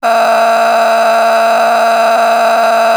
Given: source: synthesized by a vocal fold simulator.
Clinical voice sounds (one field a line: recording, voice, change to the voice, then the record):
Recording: sustained vowel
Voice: female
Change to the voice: a random mix of aspiration noise, stiffness perturbation and strain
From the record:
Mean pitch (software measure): 228 Hz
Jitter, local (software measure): 3.45%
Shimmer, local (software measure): 13.2%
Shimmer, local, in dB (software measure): 0.97 dB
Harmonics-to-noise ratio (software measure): 8.2 dB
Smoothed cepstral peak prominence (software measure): 9.5 dB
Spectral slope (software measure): -16.7 dB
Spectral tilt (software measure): -8.8 dB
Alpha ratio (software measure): -7.2 dB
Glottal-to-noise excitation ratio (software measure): 0.835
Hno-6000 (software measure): 1.7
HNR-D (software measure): 29.2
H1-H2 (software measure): -2.5 dB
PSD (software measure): 8.7e-04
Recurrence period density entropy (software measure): 0.131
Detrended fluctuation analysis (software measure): 0.0104